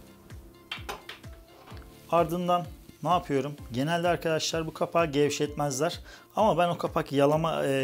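A torque wrench set to 5 Nm tightens the left stem clamp bolt on a bicycle handlebar stem, giving a sharp metallic click at 0.7 s when the setting is reached, with fainter ticks around it. From about 2.1 s someone talks.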